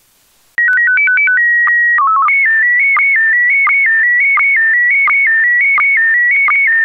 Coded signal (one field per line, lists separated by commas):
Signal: SSTV (slow-scan television)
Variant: PD 90